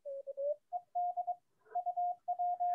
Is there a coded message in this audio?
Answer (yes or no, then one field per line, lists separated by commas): no